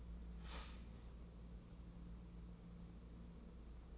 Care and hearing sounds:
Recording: daily activity, microphone in the room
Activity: start toaster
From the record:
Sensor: 1

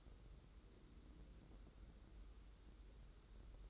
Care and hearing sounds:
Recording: daily activity, microphone in the room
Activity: take from stove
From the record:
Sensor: 3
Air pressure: 994.4 hPa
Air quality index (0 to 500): 212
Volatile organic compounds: 1000 ppm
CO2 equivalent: 7079 ppm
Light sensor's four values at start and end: 200/481/202/201 and 200/481/202/201

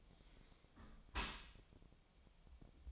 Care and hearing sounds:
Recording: daily activity, microphone in the room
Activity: close dishwasher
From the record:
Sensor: 1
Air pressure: 1006.8 hPa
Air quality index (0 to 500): 208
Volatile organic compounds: 24 ppm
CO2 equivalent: 2802 ppm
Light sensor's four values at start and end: 12/32/12/14 and 12/32/12/14

